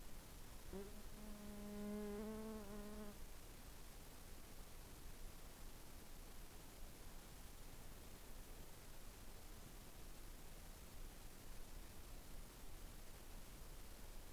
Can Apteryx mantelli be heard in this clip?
no